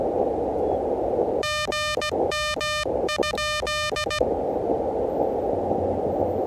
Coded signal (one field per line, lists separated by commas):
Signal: Morse code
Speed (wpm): 16 wpm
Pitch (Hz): 1800 Hz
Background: radio noise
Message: GM?